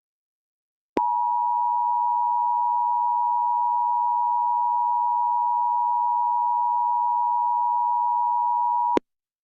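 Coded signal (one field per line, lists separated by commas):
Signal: Emergency Alert System (SAME) tones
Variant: 853 and 960 Hz attention tone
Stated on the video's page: Simulated EAS mock for a tornado.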